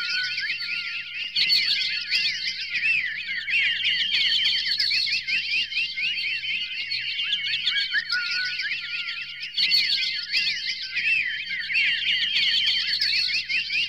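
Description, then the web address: Birds singing, a dense chorus of overlapping chirps, twitters and whistled notes from several birds, continuous throughout with a faint low hum beneath. Many birds singing outdoors in a country residential area, general ambience. "birds various general ambience outdoors many birds animal country residential"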